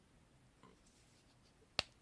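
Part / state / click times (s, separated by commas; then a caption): plastic accessory peg into the socket on a toy vehicle / seated / 1.8 s. A plastic accessory peg is pushed into its socket on an action figure toy vehicle set. After a faint soft contact at about 0.6 s, a single sharp, bright snap rings out at 1.8 s and quickly fades against a quiet background. The peg seats with a satisfying snap.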